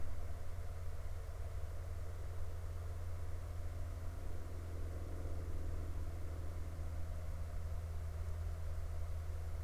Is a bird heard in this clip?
no